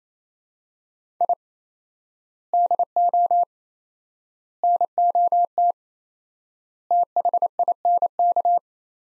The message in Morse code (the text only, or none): I DO NOT THINK